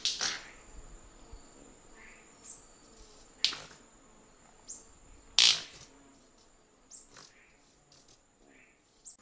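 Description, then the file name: White-bearded manakin producing scattered sharp snaps, three loud ones a few seconds apart with softer clicks between, against a faint constant high tone. Song; known locally in Portuguese as rendeira. "Canto da rendeira"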